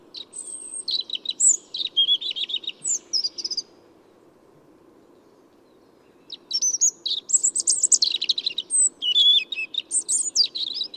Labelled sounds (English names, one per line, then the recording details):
European Robin song
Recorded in the wild
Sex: male
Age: adult
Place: Schönow, Naturpark Barnim, Brandenburg, DE
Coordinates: 52.6858, 13.5347
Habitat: forest
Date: 2005-03-28
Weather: fair, ca. 3 - 4°C, weak winds
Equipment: Tascam DA-P1, Telinga Pro 5
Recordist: Frommolt, Karl-Heinz
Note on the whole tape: Wald zwischen Schönow und Waldfrieden ca. 400 m nördlich des Friedhofes Schönow: Gesang. Singt in Kiefer in 8 m Höhe. Entfernung 10 m